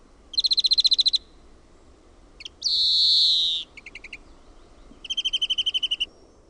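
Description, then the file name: European greenfinch song: a quick trill, then a long drawn-out nasal wheeze, a few chirps, and another fast rattling trill. "VIHERPEIPPO"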